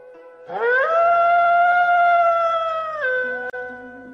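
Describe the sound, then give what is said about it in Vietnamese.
An ice wolf howls: a long, sustained howl rises sharply, holds a steady high pitch for a couple of seconds, then drops and trails off, with a low rumbling tone underneath. “Sói chu kinh thiên, một cỗ khí tức hàn băng càng cường đại hơn càn quét tới.”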